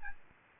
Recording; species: mosquito wingbeat signal from an infrared sensor; Aedes albopictus